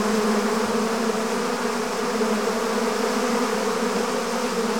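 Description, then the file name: Bee swarm humming steadily, a full, grainy drone that holds at the same level from start to finish. "Digiffects Sound Effects Library - Swarm of Bees"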